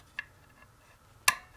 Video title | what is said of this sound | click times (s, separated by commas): How to replace Fisher & Paykel blower fan part # 395034 | until it snaps into the groove on the motor shaft | 1.3 s